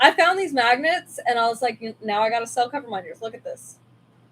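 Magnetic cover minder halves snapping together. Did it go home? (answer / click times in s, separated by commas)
no / none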